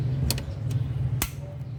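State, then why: Seated. Metal spring clips on the cover of an engine's air filter housing are pressed by hand until they latch onto the filter housing, with sharp clicks at 0.3 s and 1.2 s over a steady low hum. The clips lock and the housing cover is shut.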